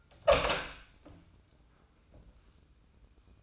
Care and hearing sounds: daily activity, microphone in the room; open door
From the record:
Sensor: 2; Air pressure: 990.3 hPa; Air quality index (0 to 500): 185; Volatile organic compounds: 1000 ppm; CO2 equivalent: 5894 ppm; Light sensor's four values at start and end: 35/81/33/33 and 34/80/33/33

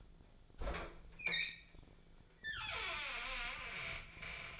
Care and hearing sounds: daily activity, microphone in the room; open fridge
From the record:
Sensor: 5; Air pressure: 1009.7 hPa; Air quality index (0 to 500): 166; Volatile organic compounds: 4 ppm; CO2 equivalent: 1613 ppm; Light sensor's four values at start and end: 105/273/113/121 and 109/280/116/124

